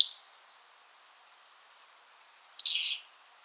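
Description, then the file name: European robin call: a sharp high tick at the start, then a brief falling note about two and a half seconds later, with faint soft sounds between. "Erithacus rubecula"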